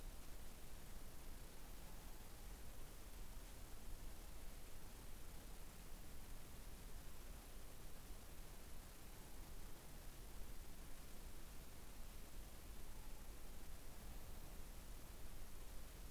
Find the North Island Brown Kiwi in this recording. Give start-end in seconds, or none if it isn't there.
none